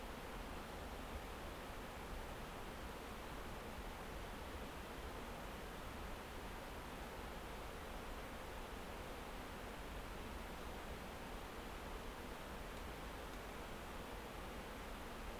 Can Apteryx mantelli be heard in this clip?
no